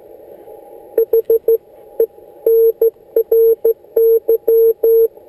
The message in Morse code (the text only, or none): HENRY